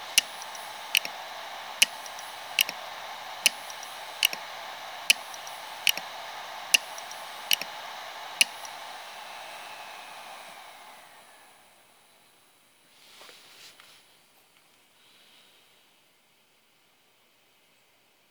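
A hard drive's read heads crash with sharp, evenly spaced clicks, about one per second for the first eight seconds, over a steady whining hum. The hum winds down and fades out by around twelve seconds. A brief soft scrape follows near thirteen seconds, then silence.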